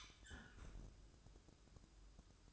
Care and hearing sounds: daily activity, microphone in the room; close fridge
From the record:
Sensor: 2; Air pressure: 1007.6 hPa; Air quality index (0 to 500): 50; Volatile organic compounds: 1 ppm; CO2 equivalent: 567 ppm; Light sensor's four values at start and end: 10/23/10/10 and 10/24/10/10

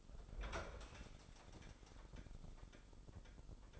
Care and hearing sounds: daily activity, microphone in the room; open fridge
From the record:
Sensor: 5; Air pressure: 988.5 hPa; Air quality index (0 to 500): 219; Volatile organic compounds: 124 ppm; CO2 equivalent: 3898 ppm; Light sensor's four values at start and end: 41/127/49/53 and 41/125/49/53

